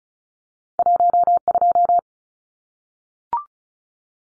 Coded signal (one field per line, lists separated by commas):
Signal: Morse code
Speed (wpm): 34 wpm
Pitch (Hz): 700 Hz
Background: none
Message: 12